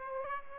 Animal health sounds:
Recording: mosquito wingbeat signal from an infrared sensor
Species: Aedes aegypti

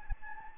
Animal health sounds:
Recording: mosquito wingbeat signal from an infrared sensor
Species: Anopheles gambiae

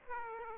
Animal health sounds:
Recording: mosquito wingbeat signal from an infrared sensor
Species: Aedes aegypti

